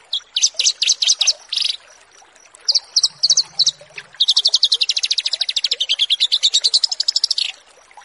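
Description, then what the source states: Horsfield's bush lark song: bursts of rapid high chirps, then a long even trill of fast repeated notes, with a steady thin high whine underneath. Masteran, a bird-keeping song tutoring recording.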